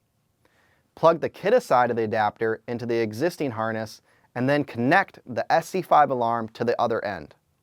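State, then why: Not seated. Someone talks while the plastic connector of an SC5 smart smoke and carbon monoxide alarm is pushed onto the other end of a KDA wiring adapter plug, whose other side is plugged into the existing wiring harness. A faint, brief tap is heard at about 0.5 s before the speech begins. The clip ends before the connector goes home; nothing has clicked or seated yet.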